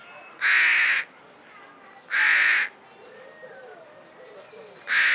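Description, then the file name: Carrion crow calling with rasping caws, three strong calls at uneven intervals, soft bird chatter in the background. "Corvus corone"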